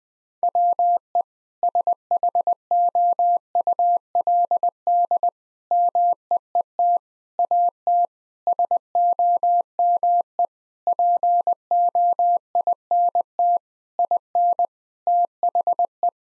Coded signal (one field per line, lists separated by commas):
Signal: Morse code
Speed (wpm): 20 wpm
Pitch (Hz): 700 Hz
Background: none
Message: WE SHOULD MEET AT SOME POINT IN THE